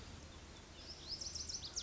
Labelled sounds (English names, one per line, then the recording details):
Lazuli Bunting
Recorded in Sonoma County, California